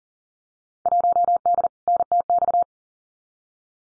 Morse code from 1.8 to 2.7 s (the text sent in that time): NTX